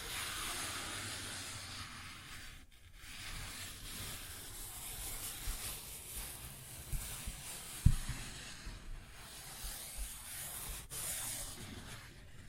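Paper bag scratching and rubbing makes a steady, dense rustle, with brief pauses near three and eleven seconds and a sharp tap near eight.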